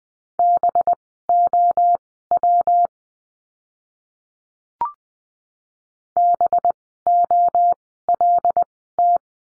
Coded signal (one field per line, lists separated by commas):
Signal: Morse code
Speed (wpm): 20 wpm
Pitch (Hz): 700 Hz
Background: none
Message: BOW BOLT